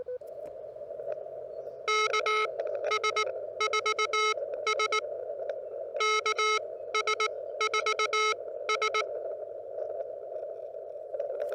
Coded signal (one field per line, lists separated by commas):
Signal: Morse code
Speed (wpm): 19 wpm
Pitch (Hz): 1290 Hz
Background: none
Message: KS4S KS4S